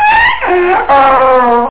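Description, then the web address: Donkey bray, a harsh, strained call shifting from a higher rising tone to a lower drawn-out honk, lasting under two seconds. "Psion CDVol 2. DONKEY"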